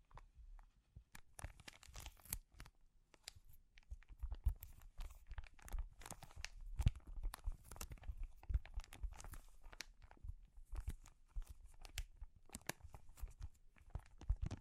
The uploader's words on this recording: ASMR Sensitive Crinkles (No Talking).